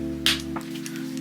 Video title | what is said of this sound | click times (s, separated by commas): Ultimate Bag Makers Bundle Unboxing and Tutorial | Sure you heard that very satisfying click. | 0.3 s